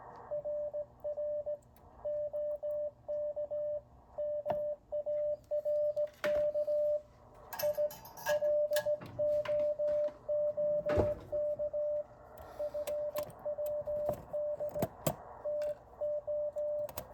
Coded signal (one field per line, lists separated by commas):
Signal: Morse code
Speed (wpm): 16 wpm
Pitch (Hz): 590 Hz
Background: radio noise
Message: RR OK MARK I LOOK FWD TO